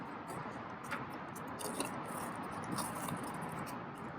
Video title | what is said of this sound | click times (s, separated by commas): 2020 Lexus RC Full Tutorial - Deep Dive | Make sure to tighten until you hear one click. | 1.6 s, 1.8 s